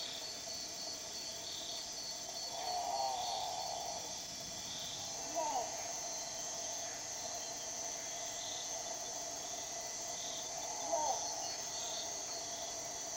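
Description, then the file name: Great potoo giving harsh, hoarse growls, three spaced over about nine seconds, the first longer and the other two shorter, over a constant high-pitched insect chorus. Recorded 26 March 2007 at 21:00. "Great Potoo 2007-03-26 2100"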